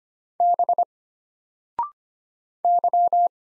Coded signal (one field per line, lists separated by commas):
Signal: Morse code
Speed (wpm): 25 wpm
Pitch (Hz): 700 Hz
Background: none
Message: B Y